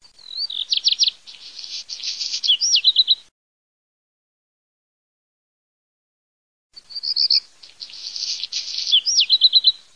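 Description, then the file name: Black redstart song, two short phrases a few seconds apart, each starting with clear whistles, then a scratchy crackling middle and a quick run of ringing notes at the end. Dated 2010. "codirossospazzacamino 2010"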